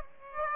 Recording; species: mosquito wingbeat signal from an infrared sensor; Aedes aegypti